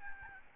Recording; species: mosquito wingbeat signal from an infrared sensor; Aedes albopictus